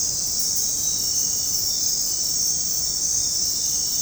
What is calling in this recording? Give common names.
none